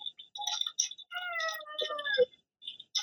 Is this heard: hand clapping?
no